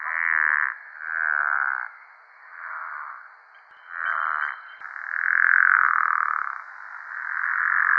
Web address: Pickerel Frog